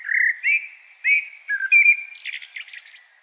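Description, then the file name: Common blackbird song phrase: several low mellow whistles rising and falling, ending in a high squeaky twittering flourish. "Turdus merula"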